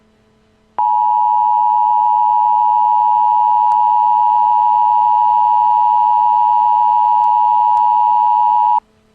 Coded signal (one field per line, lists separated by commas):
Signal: Emergency Alert System (SAME) tones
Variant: 853 and 960 Hz attention tone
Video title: Double Tornado Warning: Wisconsin